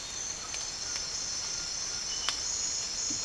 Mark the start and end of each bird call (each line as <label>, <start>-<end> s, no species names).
bird call, 0.21-1.81 s